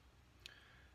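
A small metal primer feed part of the priming system on a Lee Loadmaster reloading press is lowered straight down over its spring, so the spring isn't bent, and drops into place. A faint, sharp tick sounds at 0.5 s over a low steady background. The part is seated.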